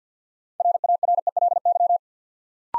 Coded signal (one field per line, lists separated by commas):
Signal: Morse code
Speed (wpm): 50 wpm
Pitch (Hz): 700 Hz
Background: none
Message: RARELY